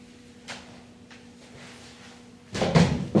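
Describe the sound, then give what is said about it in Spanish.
Chairs being picked up and shifted as singing class participants each take a chair to sit down: a couple of faint knocks and bumps, then a louder burst of scraping and clattering near the end, with no talking. “Y cada uno va a agarrar una silla y se va a sentar.”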